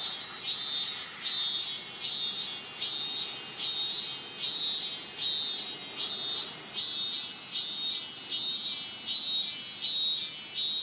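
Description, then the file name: Cicada song, a loud high buzzing pulse repeated steadily about every 0.8 seconds, each swelling and fading, with a constant high hiss beneath. "Hyalessa maculaticollis"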